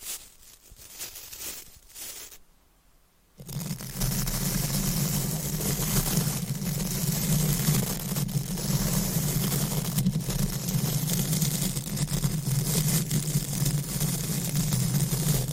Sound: Deep Mic Scratching , Brushing & Stroking